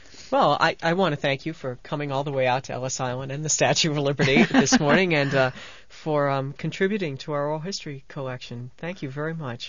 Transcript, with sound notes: Well, I want to thank you for coming all the way out to Ellis Island and the Statue of Liberty (they laugh) this morning for contributing to our Oral History Collection. Thank you very much.